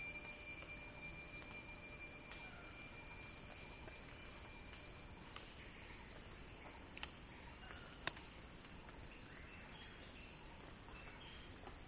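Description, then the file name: Cicada song, a continuous high, even buzzing drone holding steady throughout, with faint scattered clicks and ticks beneath. Cicadas singing in a crescendo. "earth-fm Axel-Drioli Cicada-Crescendo-Sounding-Wild"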